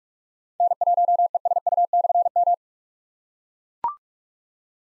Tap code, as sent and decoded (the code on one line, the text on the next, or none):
none